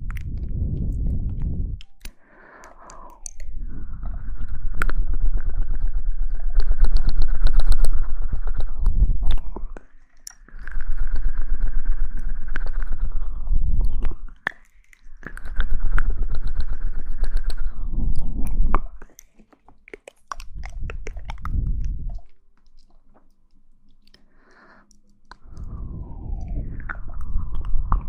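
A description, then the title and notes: Mouth sounds come in long sustained bursts of wet, rumbling chewing-like noise, separated by short silences, with sharp clicks scattered throughout. Mouth Sounds.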